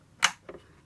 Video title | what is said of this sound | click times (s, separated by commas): Installing and Finishing the Upper Cabinets - Gas Struts - Part 2 - Van build Ep: 29 | and now it's locked on | 0.2 s